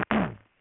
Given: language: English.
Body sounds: throat vibration sensor signal played as sound; throat clearing

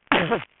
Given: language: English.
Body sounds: throat vibration sensor signal played as sound; cough

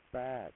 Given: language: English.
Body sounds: throat vibration sensor signal played as sound; speech

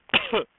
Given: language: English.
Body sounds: throat vibration sensor signal played as sound; cough

